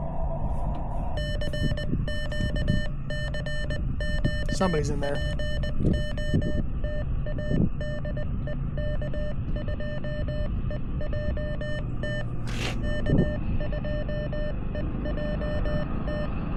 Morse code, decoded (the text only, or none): CQ CQ POTA DE K2EJT K2EJT